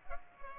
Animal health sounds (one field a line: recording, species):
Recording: mosquito wingbeat signal from an infrared sensor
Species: Culex pipiens